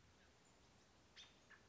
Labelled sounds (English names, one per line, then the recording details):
American Robin
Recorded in Sonoma County, California